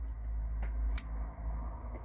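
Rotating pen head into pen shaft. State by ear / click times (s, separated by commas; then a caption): seated / 1.0 s. The rotating glass-breaker head of a Wuben Gecko E61 tactical glass breaker flashlight pen is swung round to the ballpoint and pulled back toward the metal shaft. A faint tap at 0.6 s comes before a sharp, bright click at 1.0 s over a steady low hum. The pen tip locks into place in the shaft.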